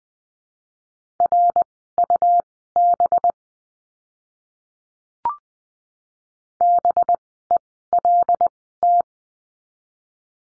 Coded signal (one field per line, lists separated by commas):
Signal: Morse code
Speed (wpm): 20 wpm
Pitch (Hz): 700 Hz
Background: none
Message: RUB BELT